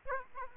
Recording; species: mosquito wingbeat signal from an infrared sensor; Aedes aegypti